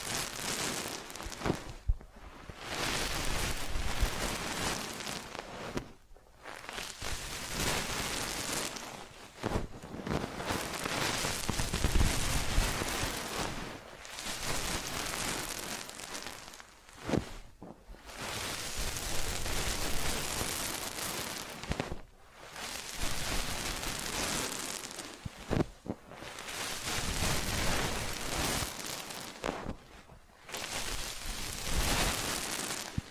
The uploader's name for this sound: Massage, Ear Cleaning and Spa